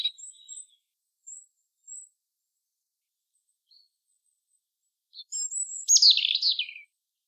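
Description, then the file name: European robin singing: scattered thin, very high whistles, then a sudden bright phrase of sliding, twittering notes that descends toward the end. "Erithacus rubecula"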